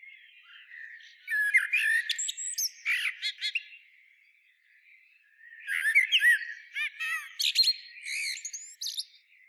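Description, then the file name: Eurasian blackbird singing two phrases, each of warbled whistles that break into dense, high, squeaky twittering. "Turdus merula"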